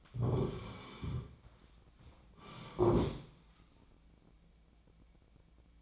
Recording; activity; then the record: daily activity, microphone in the room; sit down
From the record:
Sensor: 1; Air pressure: 1009.3 hPa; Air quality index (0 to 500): 177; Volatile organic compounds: 3 ppm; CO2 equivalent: 1496 ppm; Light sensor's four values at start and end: 39/102/43/50 and 41/109/45/53